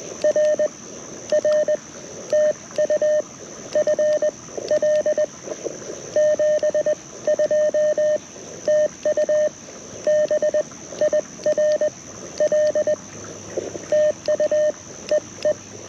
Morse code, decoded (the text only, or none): R R TU FL 72 TU BIRL TU E E